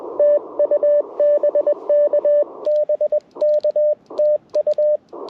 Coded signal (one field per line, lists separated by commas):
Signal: Morse code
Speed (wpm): 21 wpm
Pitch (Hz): 590 Hz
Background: radio noise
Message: TU BK BK TU